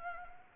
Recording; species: mosquito wingbeat signal from an infrared sensor; Anopheles gambiae